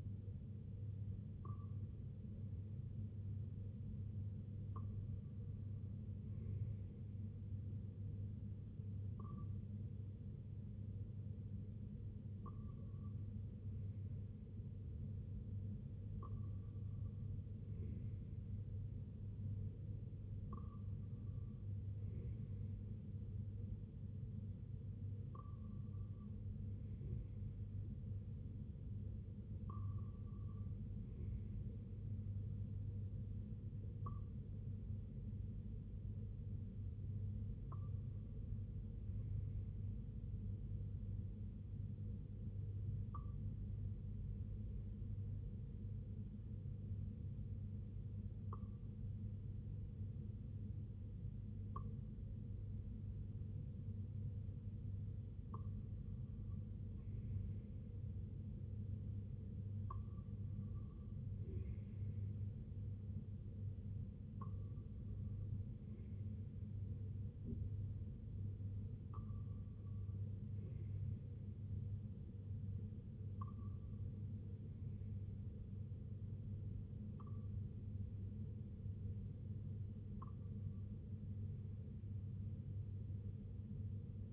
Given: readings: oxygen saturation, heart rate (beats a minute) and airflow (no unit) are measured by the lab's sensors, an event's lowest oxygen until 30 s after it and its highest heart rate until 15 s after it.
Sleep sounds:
breathing in sleep by a smartphone at the bedside; none
none scored
From the record:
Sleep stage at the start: N2 (light sleep); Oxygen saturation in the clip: 93 to 95%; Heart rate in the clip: 62 to 66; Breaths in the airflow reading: 20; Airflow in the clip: -5.1 to 3.4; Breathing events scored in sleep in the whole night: 258 in 7.4 hours asleep

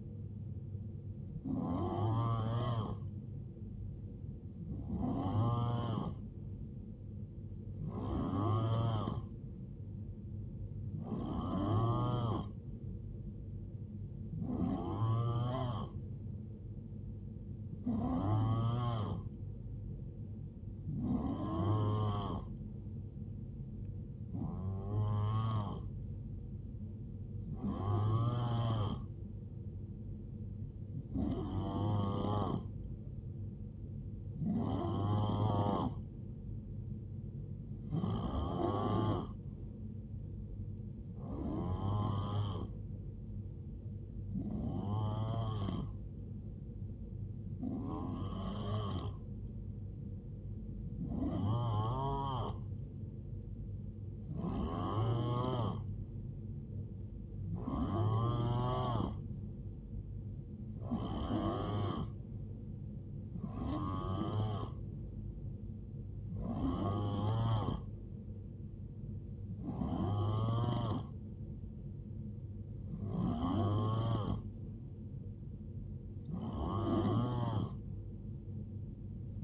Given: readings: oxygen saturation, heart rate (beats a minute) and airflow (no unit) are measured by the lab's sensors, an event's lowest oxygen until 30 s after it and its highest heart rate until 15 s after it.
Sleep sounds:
breathing in sleep by a smartphone at the bedside; none
9.00-79.44 s: new sleep stage, N3 (deep sleep)
From the record:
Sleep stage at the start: N2 (light sleep); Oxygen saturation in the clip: 89 to 91%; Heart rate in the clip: 64 to 77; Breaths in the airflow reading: 24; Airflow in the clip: -9.3 to 5.1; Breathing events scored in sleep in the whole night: 389 in 6.3 hours asleep

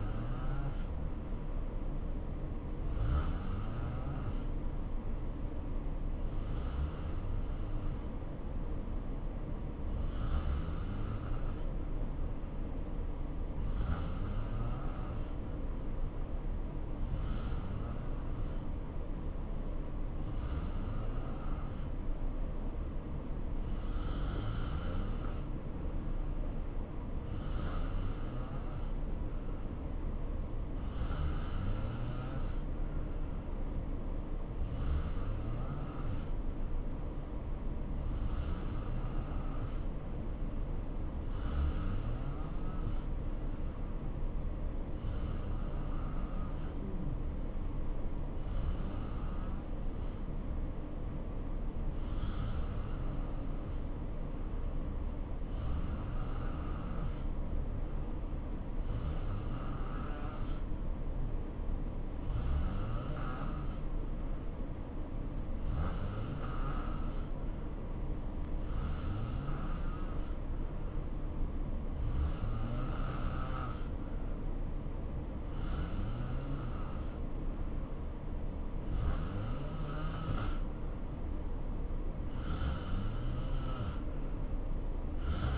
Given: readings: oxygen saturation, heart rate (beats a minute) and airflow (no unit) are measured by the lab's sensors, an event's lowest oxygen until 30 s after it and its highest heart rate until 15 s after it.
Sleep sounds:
breathing in sleep by a smartphone at the bedside; 1
35.00-81.20 s: hypopnea (N2, oxygen 91% highest, then 86% lowest, heart rate 66 at the start, 72 highest)
From the record:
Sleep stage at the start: N2 (light sleep); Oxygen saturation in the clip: 88 to 92%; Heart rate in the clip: 62 to 71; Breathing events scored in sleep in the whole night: 277 in 7.4 hours asleep

